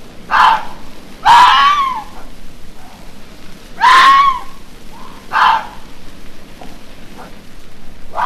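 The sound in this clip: Red fox screaming: harsh, hoarse shrieks every one to three seconds, some with a drawn-out whining tone, and softer short yelps between them.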